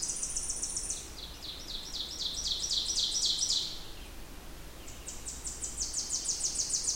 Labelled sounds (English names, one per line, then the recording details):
Ovenbird song
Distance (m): 30 m
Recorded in boreal forest in Alberta, Canada, on 21 June 2016 at 05:43
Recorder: SongMeter 3, array SBT-6-81
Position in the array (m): 28 m, 292 m
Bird 26